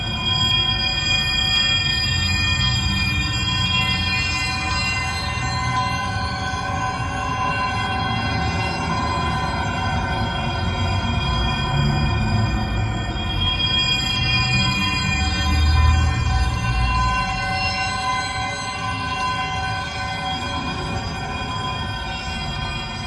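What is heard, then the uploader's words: Wind chimes ring steadily, their overlapping tones sustaining and blending at an even level over a constant low rumble of wind. The harmonious frequencies produced by the wind chimes.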